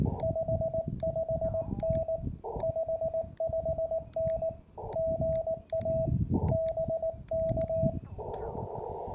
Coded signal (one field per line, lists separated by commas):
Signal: Morse code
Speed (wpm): 19 wpm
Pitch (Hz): 650 Hz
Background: radio noise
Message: 55N 55N GA BK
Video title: Georgia State Parks on the Air #POTA event 2024 from US-2195 (Day 2 - WInning Score)